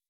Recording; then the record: hydrophone in a shrimp aquaculture tank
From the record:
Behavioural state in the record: weakened